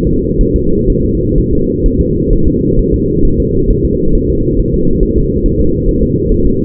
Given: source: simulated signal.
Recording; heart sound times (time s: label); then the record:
fetal heart sounds
0.07 s: S2
0.41 s: S1
0.56 s: S2
0.90 s: S1
1.05 s: S2
1.38 s: S1
1.53 s: S2
1.86 s: S1
2.01 s: S2
2.33 s: S1
2.48 s: S2
2.79 s: S1
2.94 s: S2
3.25 s: S1
3.40 s: S2
3.71 s: S1
3.85 s: S2
4.15 s: S1
4.30 s: S2
4.59 s: S1
4.74 s: S2
5.03 s: S1
5.18 s: S2
5.46 s: S1
5.61 s: S2
5.88 s: S1
6.03 s: S2
6.32 s: S1
6.46 s: S2
From the record:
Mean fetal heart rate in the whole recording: 130 bpm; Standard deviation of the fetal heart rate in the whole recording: 4 bpm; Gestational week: 38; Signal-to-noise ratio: -16.4 dB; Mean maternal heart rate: 72 bpm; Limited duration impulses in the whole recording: present